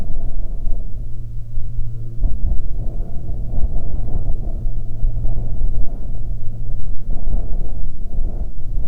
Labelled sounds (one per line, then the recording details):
wind
aircraft
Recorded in the Arctic National Wildlife Refuge, Alaska, on 27 July 2019 at 17:28
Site 40